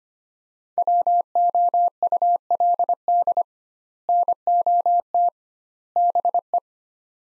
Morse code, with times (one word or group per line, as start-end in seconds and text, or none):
0.8-3.4 WOULD
4.1-5.3 NOT
6.0-6.6 BE